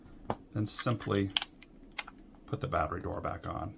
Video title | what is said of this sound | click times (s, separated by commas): tens 7000-tens unit-tens 7000 how to use-best machine 2022 | put your battery in properly pull out the ribbon put it in evenly and snap into place | 0.3 s